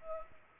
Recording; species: mosquito wingbeat signal from an infrared sensor; Culex pipiens